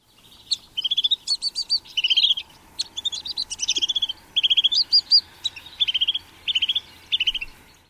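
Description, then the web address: Pygmy nuthatch calls: high, squeaky piping notes in quick clustered bursts, chattering on throughout with short pauses between groups, over a faint steady background hum. "Thumbs Plus Zoo Field Guide"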